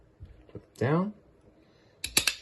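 The release on a primed plastic launcher is pushed, and its catches let go with a sharp click at 2.2 s, preceded and followed by quick snaps. Someone talks briefly before it, and the launcher releases as intended.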